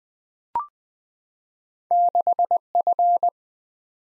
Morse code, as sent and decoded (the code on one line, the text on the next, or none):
-.... ..-.
6F